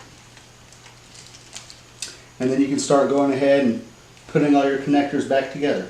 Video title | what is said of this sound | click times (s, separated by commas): Yamaha Warrior 1700 Headlight Replacement/ Bucket Removal. | you can go ahead and take your clip here pop it right back through that back hole snap into place and then | 2.0 s